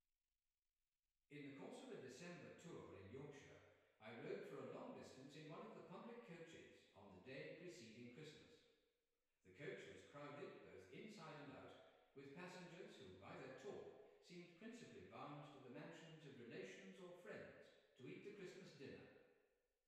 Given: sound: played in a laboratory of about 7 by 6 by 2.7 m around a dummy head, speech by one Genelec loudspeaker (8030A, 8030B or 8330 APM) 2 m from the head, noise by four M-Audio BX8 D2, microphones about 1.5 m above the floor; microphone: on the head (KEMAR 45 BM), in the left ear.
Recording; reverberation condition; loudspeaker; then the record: male speech in English; high; 120 degrees to the right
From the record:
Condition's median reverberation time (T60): about 1300 ms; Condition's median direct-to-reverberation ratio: about -4.0 dB